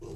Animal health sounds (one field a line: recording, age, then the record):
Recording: pig call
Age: weaner (32 to 43 days)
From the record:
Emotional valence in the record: negative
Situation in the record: short isolation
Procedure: open field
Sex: female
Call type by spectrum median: low-frequency call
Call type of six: low-frequency stable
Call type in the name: low-frequency stable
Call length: 0.15 s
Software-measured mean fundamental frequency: 50 Hz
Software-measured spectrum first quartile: 119 Hz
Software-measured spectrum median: 321 Hz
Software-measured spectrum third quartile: 527 Hz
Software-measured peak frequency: 363 Hz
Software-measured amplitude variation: 84 dB a second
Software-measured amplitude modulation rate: 25.8 a second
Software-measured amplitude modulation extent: 3.3 dB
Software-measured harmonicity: 1.8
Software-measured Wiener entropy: -0.04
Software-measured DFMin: 1218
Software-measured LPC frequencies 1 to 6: 382, 945, 2753, 4017, 4881, 5830 Hz